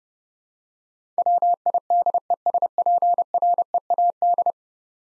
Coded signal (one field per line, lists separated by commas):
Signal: Morse code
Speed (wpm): 30 wpm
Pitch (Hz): 700 Hz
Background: none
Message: WIDESPREAD